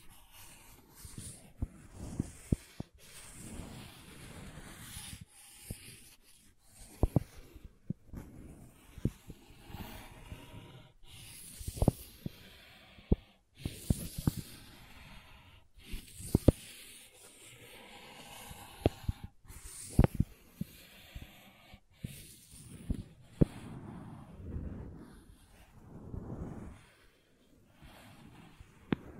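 Crayons tap, scrape and drag across a surface in irregular bursts for the whole stretch. Sharp clicks and taps land every second or so, mixed with soft hissing scratches and low scuffing strokes, with brief quiet gaps between actions.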